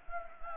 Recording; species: mosquito wingbeat signal from an infrared sensor; Anopheles gambiae